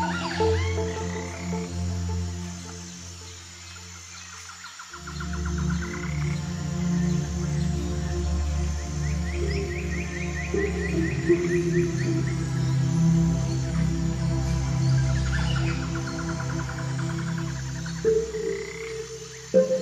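Morning forest with a steady, low, croaking drone that fills most of the clip, dipping briefly around the fifth second before returning thicker. Above it, quick bright chirping runs come in around ten seconds and again near sixteen, with a soft hiss throughout.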